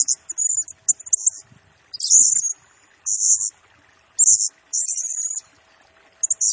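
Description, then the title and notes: Blue-crowned hanging parrot calling: very high, thin, buzzy chirps in short bursts and longer trilled phrases, irregularly spaced, over a faint low steady hum. Lure and tutor sound of a blue-crowned hanging parrot singing actively (gacor, nembak), used to train birds and said to excite all other birds. "Burung Serindit Nembak Gacor Bikin Emosi Semua Burung. Suara Nasteran Dan Pemikat Burung Serinditan Gacor"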